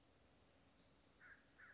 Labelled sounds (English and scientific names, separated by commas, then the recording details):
American Crow (Corvus brachyrhynchos)
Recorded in Sonoma County, California